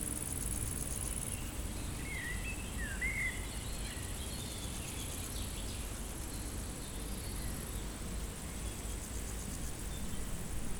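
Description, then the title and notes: Meadow insects keep up a thin high stridulation, with a few short bird chirps early on and a low rumble throughout. Insects stridulating in a dry meadow on a hot day, wind stirring foliage, some birds singing from nearby woods, motorbike traffic from a road; Chindrieux, France. "348-862 Rue de Vars, Chindrieux, France - Prairie stridulante. Par une chaude journée , les insectes stridulent dans une prairie sèche"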